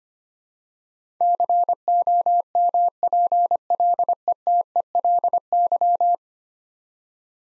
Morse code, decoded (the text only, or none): COMPLETELY